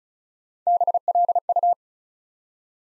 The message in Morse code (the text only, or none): BLU